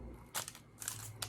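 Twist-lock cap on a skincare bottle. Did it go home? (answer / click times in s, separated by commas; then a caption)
no / none. A twist-lock cap or pump on an Artistry skincare bottle is handled as it is twisted toward its locked position, producing short, crackly, broadband bursts at about 0.4 s, around 0.8–1.0 s and at 1.2 s over a steady low hum. Nothing has seated or clicked into place yet; the cap is not yet home when the clip ends.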